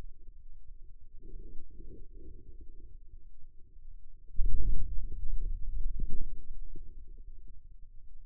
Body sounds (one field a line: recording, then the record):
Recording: forearm muscle sounds (acoustic myography)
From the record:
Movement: hand closing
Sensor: system 2, bracelet of six BSWA MPA416 microphones around the upper forearm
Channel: 5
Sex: male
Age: 22 years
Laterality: right